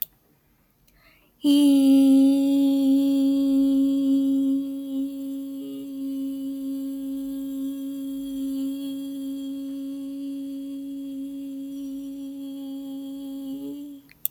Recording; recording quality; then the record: sustained vowel as in beet; excellent, no background noise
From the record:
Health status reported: healthy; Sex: female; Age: 29 years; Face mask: not worn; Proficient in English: yes